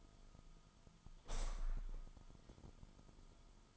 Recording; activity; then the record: daily activity, microphone in the room; open window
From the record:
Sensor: 5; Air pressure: 1004.8 hPa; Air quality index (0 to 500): 83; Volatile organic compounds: 2 ppm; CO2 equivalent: 993 ppm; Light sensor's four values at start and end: 34/79/32/31 and 34/79/32/31